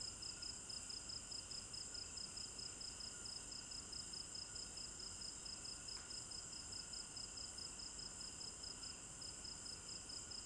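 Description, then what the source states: Crickets chirping in a dense night chorus, a steady high pulsing trill around two to three pulses per second over continuous shrill insect drone. Recorded at night in a village garden in Africa; binaural stereo recording.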